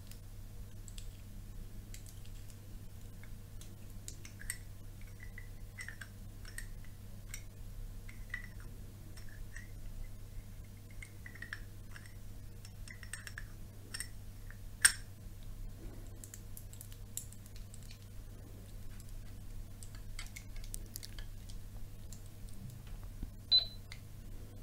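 Light, quick tapping and clicking sounds, with two sharper knocks near fifteen and twenty-four seconds over a low steady hum.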